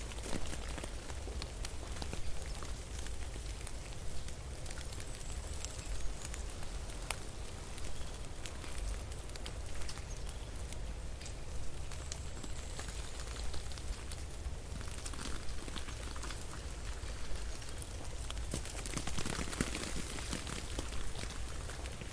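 Snow falling and melting makes a steady, dense patter of small wet ticks and drips, much like light rain on a surface. The level stays even throughout, with a low rumble underneath and occasional brighter clicks, clustered around 7 and 19 seconds.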